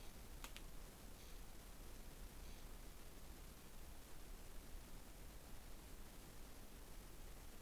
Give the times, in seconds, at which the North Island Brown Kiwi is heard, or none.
none